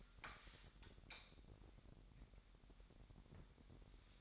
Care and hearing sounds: daily activity, microphone in the room; light on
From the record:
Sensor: 3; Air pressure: 1011.9 hPa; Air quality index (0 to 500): 234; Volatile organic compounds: 5 ppm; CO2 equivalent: 1735 ppm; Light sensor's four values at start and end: 14/32/14/14 and 16/40/17/17

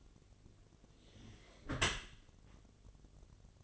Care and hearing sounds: daily activity, microphone in the room; close dishwasher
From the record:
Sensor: 4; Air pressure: 1007.4 hPa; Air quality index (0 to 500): 200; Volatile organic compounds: 7 ppm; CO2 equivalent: 1993 ppm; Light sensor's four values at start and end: 22/71/27/26 and 22/71/27/26

